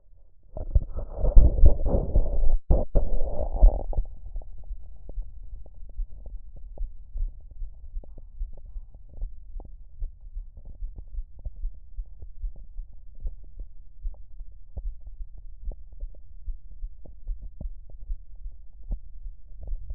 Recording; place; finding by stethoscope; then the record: heart sounds by stethoscope; mitral valve (MV); normal heart sounds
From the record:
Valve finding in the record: mitral regurgitation, grade 1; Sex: female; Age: 60 years